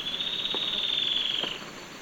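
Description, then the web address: Yellow-breasted antwren delivers a single fast high trill that slowly fades and slightly falls in pitch, with a couple of soft low clicks beneath. Recorded in Ecuador. "S America Birds of Ecuador. Yellow-breasted Antwren"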